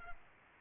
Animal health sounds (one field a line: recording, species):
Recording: mosquito wingbeat signal from an infrared sensor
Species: Aedes aegypti